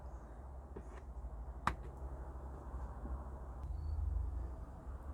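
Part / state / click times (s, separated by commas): wheelchair restraint strap into floor track anchor / seated / 1.7 s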